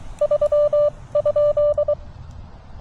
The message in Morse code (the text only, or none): 3?